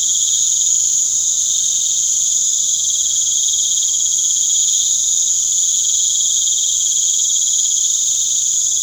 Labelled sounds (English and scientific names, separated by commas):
none